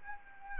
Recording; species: mosquito wingbeat signal from an infrared sensor; Anopheles arabiensis